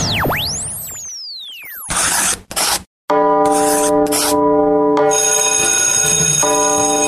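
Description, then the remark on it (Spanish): A bell rings loudly at the opening of the radio programme Canto Maestro, with sustained, layered metallic tones for several seconds, after an opening of swooping whistles and short bursts of clattering, ratchet-like noise. No one speaks. “Ya tocó la campana.”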